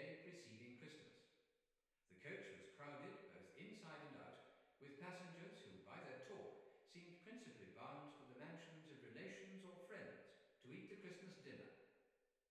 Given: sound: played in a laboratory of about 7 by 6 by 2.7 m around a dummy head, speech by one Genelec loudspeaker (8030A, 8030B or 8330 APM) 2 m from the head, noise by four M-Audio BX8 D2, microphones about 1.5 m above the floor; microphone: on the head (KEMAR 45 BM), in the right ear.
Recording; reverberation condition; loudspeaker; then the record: male speech in English; high; 150 degrees to the left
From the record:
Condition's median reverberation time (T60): about 1300 ms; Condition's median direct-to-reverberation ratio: about -4.0 dB